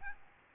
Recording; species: mosquito wingbeat signal from an infrared sensor; Aedes albopictus